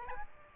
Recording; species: mosquito wingbeat signal from an infrared sensor; Aedes aegypti